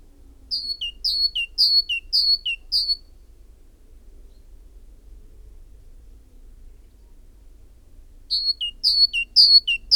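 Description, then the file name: Great tit song: a burst of five two-note whistled phrases, a pause of several seconds, then another burst of four phrases. "Parus major"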